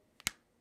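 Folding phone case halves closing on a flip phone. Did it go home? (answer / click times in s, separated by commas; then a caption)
yes / 0.3 s. A flip phone fitted with a new plastic case is folded closed, and the two case halves meet with a short, bright click at 0.3 s, preceded by a faint tick at 0.2 s. The case halves hitting each other give a nice little click rather than the clack of the bare phone, and the case is shut.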